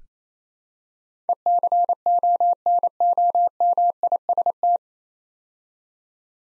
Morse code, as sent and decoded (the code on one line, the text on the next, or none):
. -.-. --- -. --- -- .. ... -
ECONOMIST